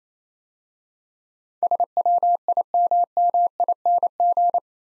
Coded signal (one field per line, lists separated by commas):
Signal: Morse code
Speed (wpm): 27 wpm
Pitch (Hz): 700 Hz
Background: none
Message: SWIMMING